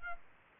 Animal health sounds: mosquito wingbeat signal from an infrared sensor; Aedes albopictus

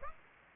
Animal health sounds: mosquito wingbeat signal from an infrared sensor; Aedes aegypti

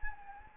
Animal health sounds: mosquito wingbeat signal from an infrared sensor; Anopheles gambiae

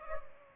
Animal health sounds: mosquito wingbeat signal from an infrared sensor; Culex pipiens

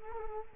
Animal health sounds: mosquito wingbeat signal from an infrared sensor; Culex quinquefasciatus

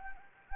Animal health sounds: mosquito wingbeat signal from an infrared sensor; Anopheles gambiae

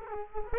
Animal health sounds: mosquito wingbeat signal from an infrared sensor; Culex quinquefasciatus

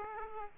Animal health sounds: mosquito wingbeat signal from an infrared sensor; Aedes aegypti

